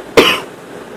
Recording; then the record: coughing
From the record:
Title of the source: 34 coughing up crap again